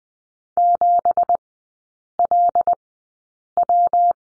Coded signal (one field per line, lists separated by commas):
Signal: Morse code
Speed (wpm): 20 wpm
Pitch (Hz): 700 Hz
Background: none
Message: 7LW